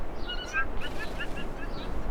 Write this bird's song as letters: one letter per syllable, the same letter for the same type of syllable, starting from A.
A B B B B B